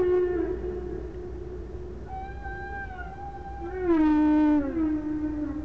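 Whale moans: a steady low hum overlaid by a higher sliding tone, then a loud harmonic moan that wavers and slowly falls.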